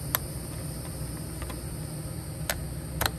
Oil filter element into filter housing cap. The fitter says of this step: stick it in there and it snaps into place